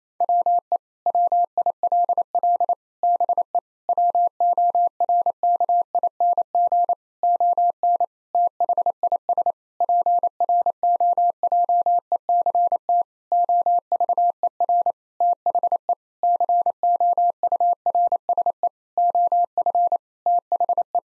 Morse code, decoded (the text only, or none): WE WILL BE WORKING ON THIS PROJECT OVER THE COURSE OF THE